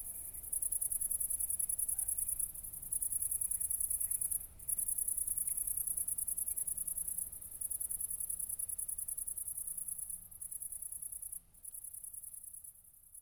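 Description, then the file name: Cricket chirping, high thin pulses running in long trilled bursts broken by brief gaps, with a low background hum throughout. Crickets recorded at night, 00:53 on 4 August 2014, at Nordring, Kirchmöser, Brandenburg, Germany. "City Country Me Brandenburg Kirchmoeser Nordring Grillen 201408040053"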